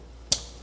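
An ignition coil electrical connector is plugged onto the coil pack of a 2007 Honda Odyssey during a misfire repair. A single sharp, bright click at 0.3 s rises over a quiet background, followed by a much fainter tick near 0.6 s. The connector clicks in and is seated.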